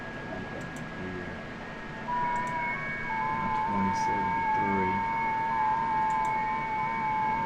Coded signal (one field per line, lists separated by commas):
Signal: FT8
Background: speech